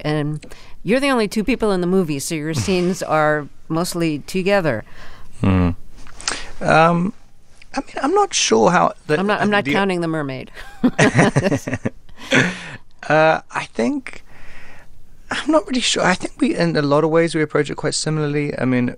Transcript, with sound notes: And you're the only two people in the movie, so your scenes are mostly together.
I mean, I'm not sure how the...
I'm not counting the mermaid (laughter).
(Laughter) I think - I'm not really sure. I think we - in a lot of ways we approach it quite similarly.